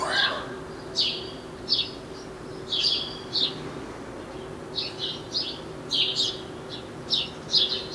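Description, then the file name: House sparrow chirps, short sharp notes repeated irregularly about every half second to second, with a steady low hum in the background. "Passer domesticus"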